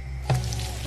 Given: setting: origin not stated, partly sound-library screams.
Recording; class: one-second piece from a danger detection set; normal situation